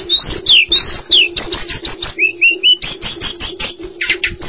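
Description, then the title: Java sparrow singing with quick clicks and short slurred whistles, a few rising notes in a row, over a constant low hum. "kicau gelatik"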